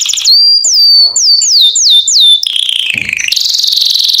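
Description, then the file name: Canary song: a series of several slurred descending whistles, then a buzzy lower trill that breaks into a fast, high, even rattle. Canary song intended for training young canaries to sing. "Chant Canari Pour l'écolage des jeunes"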